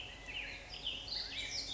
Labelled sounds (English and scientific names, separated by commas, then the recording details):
Black-headed Grosbeak (Pheucticus melanocephalus)
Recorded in Sonoma County, California